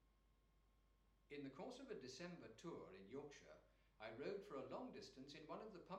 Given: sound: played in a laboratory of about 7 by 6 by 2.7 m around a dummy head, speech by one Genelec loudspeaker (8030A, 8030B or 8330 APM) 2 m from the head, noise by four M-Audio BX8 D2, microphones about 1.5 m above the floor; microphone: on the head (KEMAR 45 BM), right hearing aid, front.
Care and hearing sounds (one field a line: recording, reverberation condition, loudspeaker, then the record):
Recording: male speech in English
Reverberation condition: medium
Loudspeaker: 60 degrees to the right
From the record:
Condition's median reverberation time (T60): about 510 ms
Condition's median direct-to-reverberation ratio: about -0.5 dB